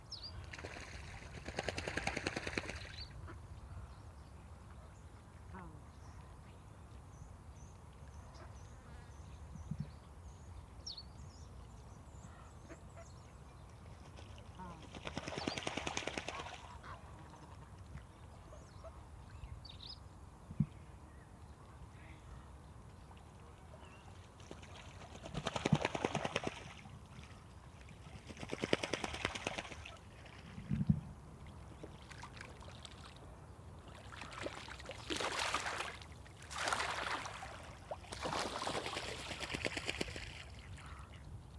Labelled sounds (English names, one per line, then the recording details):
Mallard
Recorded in the wild
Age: adult
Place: Altmörbitz, Talsperre Schömbach, Saxonia, DE
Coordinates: 50.992, 12.5744
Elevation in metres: 195
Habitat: lake
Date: 2024-07-27 13:30
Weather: 20-25°C, cloudy
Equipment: Sound Devices MixPre6, Sennheiser MKH8060
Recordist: Frommolt, Karl-Heinz